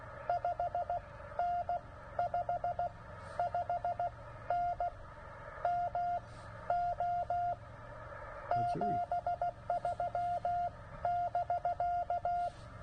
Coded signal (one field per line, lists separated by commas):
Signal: Morse code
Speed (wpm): 15 wpm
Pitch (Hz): 690 Hz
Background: none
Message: 5N5 5N MO 73 <BK>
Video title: CW POTA at Land Between the Lakes in KY 04Nov2023